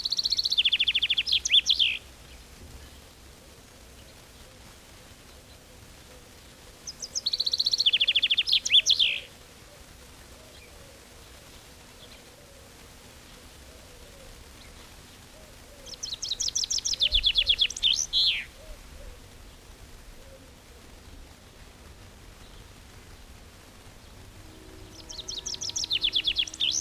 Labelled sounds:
Common Chaffinch song

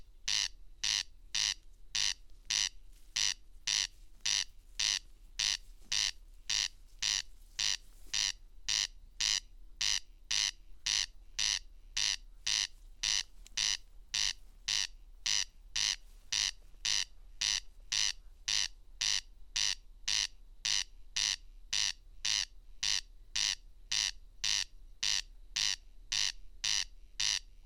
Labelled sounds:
Corn Crake song

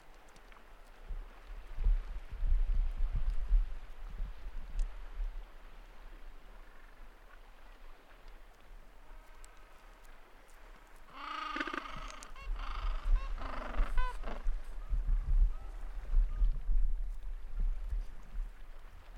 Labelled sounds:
Gentoo Penguin call

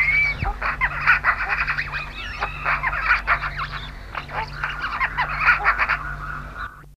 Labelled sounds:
Eurasian Magpie call

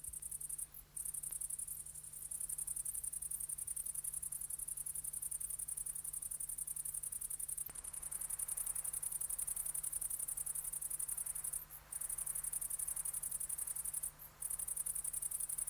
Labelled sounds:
Dark Bush-cricket stridulation

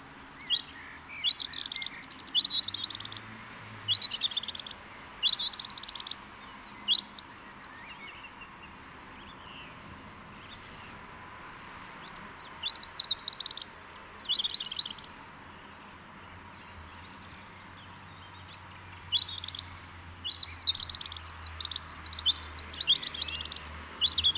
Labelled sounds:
European Robin song

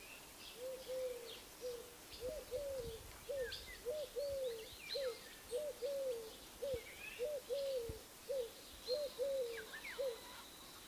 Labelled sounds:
Eurasian Golden Oriole

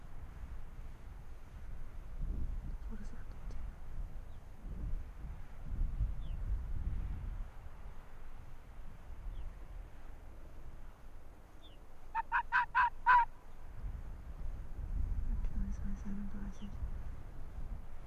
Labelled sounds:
Arctic Fox

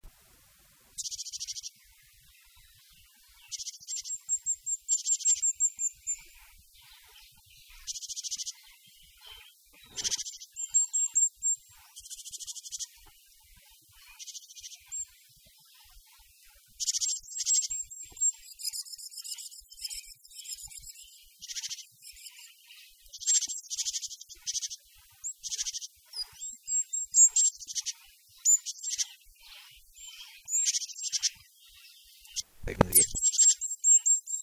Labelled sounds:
Great Tit

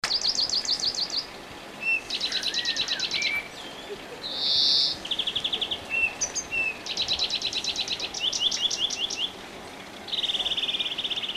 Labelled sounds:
European Greenfinch song

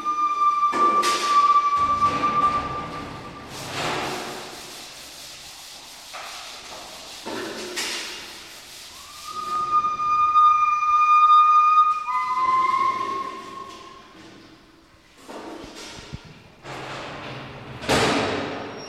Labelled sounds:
Northern White-cheeked Gibbon

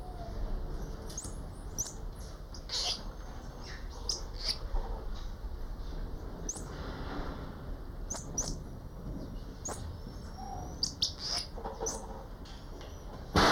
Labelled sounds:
Common Squirrel Monkey call

